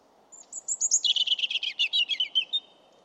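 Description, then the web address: European robin song: thin high notes leading into a fast, jangling trill lasting about one and a half seconds. "Deverinetal 2025"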